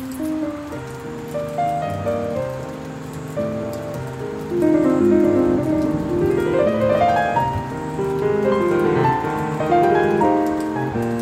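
Piano music plays over steady rain, a soft hiss running underneath the whole time. The piano moves through layered chords and a slow melody, growing fuller and louder from about four and a half seconds, with rising phrases in the middle.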